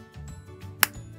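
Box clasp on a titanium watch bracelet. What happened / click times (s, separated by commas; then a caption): The metal clasp snapped shut / 0.8 s. The box clasp on a titanium watch bracelet is closed and clicks shut with a single sharp snap at 0.8 s, fitting neatly into place. Before the click there is only faint, low handling noise, and no one speaks.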